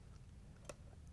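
A plastic lock clip is pushed down into place between the collar and the valve on the filter valve fitting of an LG/Kenmore 5231JA2005A filter assembly, locking the blue water line in. Over a steady low hum, a single sharp click sounds at 0.7 s as the clip seats, followed by a faint tick at 1.1 s. The clip is locked in.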